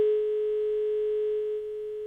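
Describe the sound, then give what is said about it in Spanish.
A mobile telephone busy tone after a dropped call: a single steady mid-pitched electronic hum, unbroken for about two seconds, slightly dipping in loudness near the end, with no voices. “Marchó Fernando. Se nos cortó la conversación.”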